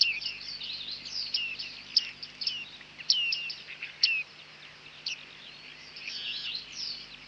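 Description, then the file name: Bearded reedling calls, busy high twittering and metallic pings, louder in the first half, softer chatter later. "Bearded Tit (Panurus biarmicus)"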